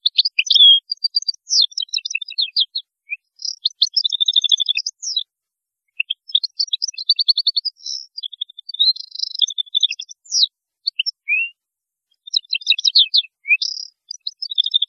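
European goldfinch delivering long, almost continuous song: bright twittering notes, short trills and nasal buzzy phrases, broken by a few short pauses.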